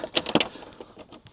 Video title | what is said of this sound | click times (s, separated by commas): Ford Transit mk8 FACELIFT Raptor Grill, unboxing & installation. "YcarPart" | as you can hear it popping into place, | 0.2 s, 0.3 s, 0.4 s